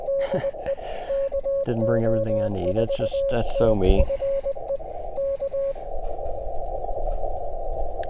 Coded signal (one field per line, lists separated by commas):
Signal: Morse code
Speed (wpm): 20 wpm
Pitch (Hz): 550 Hz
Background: speech, radio noise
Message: DE KO4TFE K